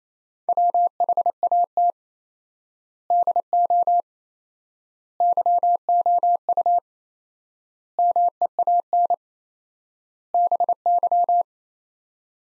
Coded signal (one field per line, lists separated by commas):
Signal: Morse code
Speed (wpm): 28 wpm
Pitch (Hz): 700 Hz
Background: none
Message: WHAT DO YOU MEAN BY